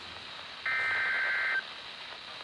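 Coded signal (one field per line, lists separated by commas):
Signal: Emergency Alert System (SAME) tones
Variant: header bursts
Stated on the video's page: Tornado warning received at home on a NOAA Weather Radio station.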